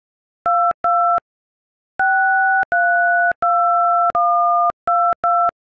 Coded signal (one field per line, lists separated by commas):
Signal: DTMF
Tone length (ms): 280 ms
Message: 22 632122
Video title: We will rock you (Queen) on Dial Pad.